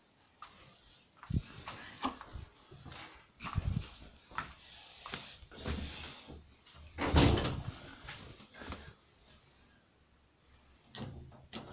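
A door is rattled and knocked about, giving a series of irregular thumps and clatters with one louder bang in the middle, then quieter scraping before a few final knocks.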